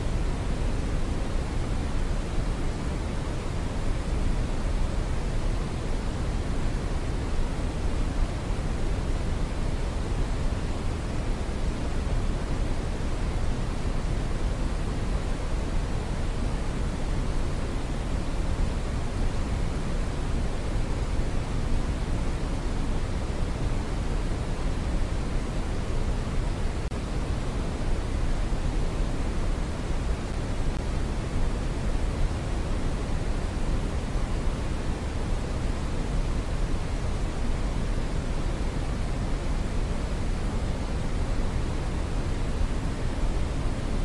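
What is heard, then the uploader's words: Brown noise plays as a steady, unbroken rush, heaviest in the deep low end with a softer hiss above. Loudness stays flat for the whole stretch, dense and even, with no events, swells or background sounds. Brown Noise.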